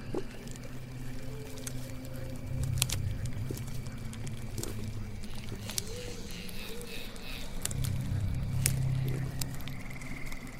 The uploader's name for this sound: Witch's swamp house ambience